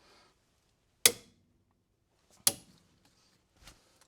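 A click-type torque wrench set to about 203 Nm is pulled on the upper strut-to-knuckle bolt going into the steering knuckle during a front shock/strut replacement on a third-generation Camaro. The wrench breaks over with a loud, sharp click at 1.1 s, followed by a second sharp hit at 2.5 s and a few faint taps. The bolt is confirmed torqued.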